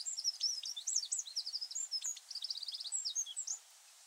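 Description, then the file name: Eurasian wren delivering a fast, energetic phrase of piercing high notes and dense trills that stops abruptly after three and a half seconds. "Troglodytes troglodytes"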